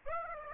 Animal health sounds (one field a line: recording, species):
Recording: mosquito wingbeat signal from an infrared sensor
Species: Aedes aegypti